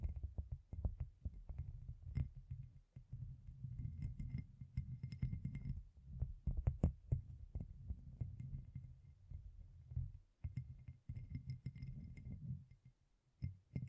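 Fingertips tap and scratch in quick, uneven bursts with low thuds and faint high clicks, pausing briefly around three, ten and thirteen seconds.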